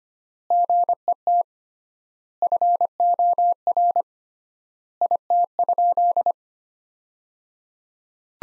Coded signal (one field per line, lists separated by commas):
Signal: Morse code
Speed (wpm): 25 wpm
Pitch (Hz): 700 Hz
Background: none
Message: GET FOR IT?